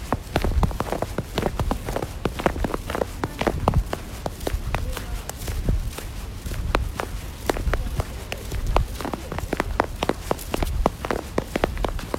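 Footsteps crunch through snow on a walk to a convenience store, each step a sharp, bright crackle arriving at a quick, fairly regular pace throughout. Low rumble sits underneath, and faint voices may pass in the background.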